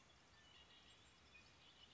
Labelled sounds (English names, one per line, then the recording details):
Red-winged Blackbird
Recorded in Sonoma County, California